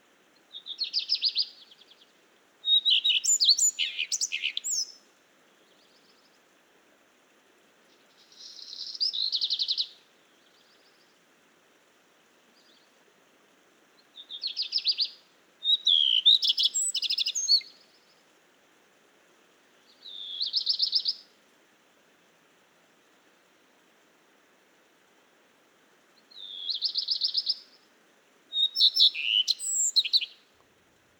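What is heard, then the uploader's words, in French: Two kinds of birds sing before dawn. Short bursts of bright song, each about one to two seconds, come every few seconds, alternating between a smooth, steady phrase and a busier, twittering one that reaches higher. A faint low hiss runs underneath. DEUX ROUGE-QUEUES EN UN. Val Maravel - Nagra LB - stéréo - mkh40. Le Rougequeue à front blanc (Phoenicurus phoenicurus) vient d'arriver dans le jardin alors que le Rougequeue noir (Phoenicurus ochruros) lui était déjà là depuis trois semaines. Ce matin alors qu'il fait encore nuit, les deux espèces chantent au jour naissant.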